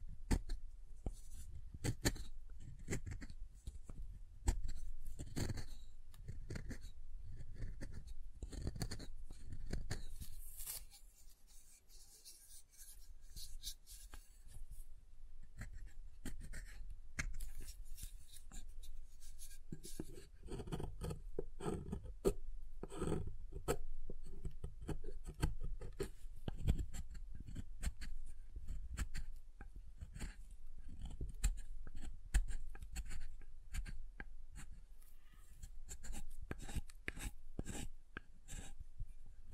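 Soft and hard soap is tapped and carved in a dense run of quick, crisp clicks and scrapes that continue almost without pause. The sounds stay low and thuddy with sharp bright edges, briefly thinning around ten to fifteen seconds before picking back up.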